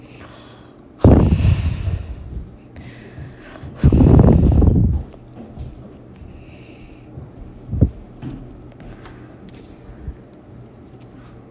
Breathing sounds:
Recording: deep breathing after running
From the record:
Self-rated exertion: light exertion (2 of 6)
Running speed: 6 miles an hour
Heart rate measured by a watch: 109 beats a minute at the start, 108 at the end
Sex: female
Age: 33 years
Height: 155 cm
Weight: 48 kg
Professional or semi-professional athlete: no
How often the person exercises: 3 to 5 times a week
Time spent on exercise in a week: under 1 hour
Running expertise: no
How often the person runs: under once a week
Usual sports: hiking, cycling

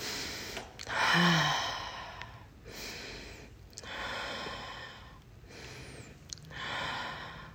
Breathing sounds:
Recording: deep breathing after running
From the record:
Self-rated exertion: very light exertion (1 of 6)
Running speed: 6 miles an hour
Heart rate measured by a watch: 95 beats a minute at the start, 94 at the end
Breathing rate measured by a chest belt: 13 breaths a minute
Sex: female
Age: 55 years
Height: 157 cm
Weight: 48 kg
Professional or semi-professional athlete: yes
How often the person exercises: every day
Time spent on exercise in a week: over 5 hours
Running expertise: yes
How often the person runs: 3 to 5 times a week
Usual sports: running, swimming, yoga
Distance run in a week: 40 miles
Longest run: 20 miles

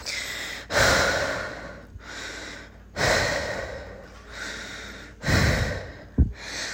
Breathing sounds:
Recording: deep breathing after running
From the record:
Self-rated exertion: moderate exertion (3 of 6)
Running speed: 5 miles an hour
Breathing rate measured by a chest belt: 23 breaths a minute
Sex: female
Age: 18 years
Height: 171 cm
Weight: 75 kg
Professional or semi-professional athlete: no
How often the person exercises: 1 to 2 times a week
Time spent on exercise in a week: under 1 hour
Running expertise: no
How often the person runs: 1 to 2 times a week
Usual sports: running, fencing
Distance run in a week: 3 km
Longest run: 21.3 km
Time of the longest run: 190 minutes

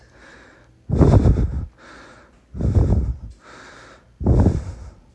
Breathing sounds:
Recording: deep breathing after running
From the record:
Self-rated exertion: light exertion (2 of 6)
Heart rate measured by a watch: 106 beats a minute at the start, 103 at the end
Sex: male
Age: 37 years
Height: 174 cm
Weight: 76 kg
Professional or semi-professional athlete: no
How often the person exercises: over 5 times a week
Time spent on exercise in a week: over 5 hours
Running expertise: yes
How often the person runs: 3 to 5 times a week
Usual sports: running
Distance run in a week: 70 km

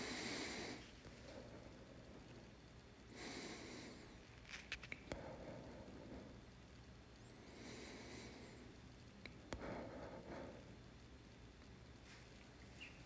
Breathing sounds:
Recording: deep breathing after running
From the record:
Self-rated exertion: light exertion (2 of 6)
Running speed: 6 miles an hour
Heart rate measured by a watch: 72 beats a minute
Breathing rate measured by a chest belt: 22 breaths a minute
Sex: male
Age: 27 years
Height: 185 cm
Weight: 76 kg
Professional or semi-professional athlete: no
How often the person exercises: over 5 times a week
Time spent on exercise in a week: over 5 hours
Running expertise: no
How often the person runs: over 5 times a week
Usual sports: running, weight training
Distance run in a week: 65 km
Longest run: 42 km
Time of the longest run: 214 minutes

